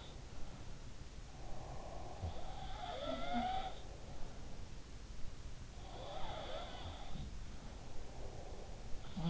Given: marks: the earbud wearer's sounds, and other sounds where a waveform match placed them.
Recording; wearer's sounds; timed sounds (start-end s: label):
sounds in sleep by an in-ear microphone; breath
0.00-0.85 s: sound from someone else or the room
1.01-2.70 s: breath
2.15-4.72 s: sound from someone else or the room
5.73-9.30 s: sound from someone else or the room
6.94-9.30 s: breath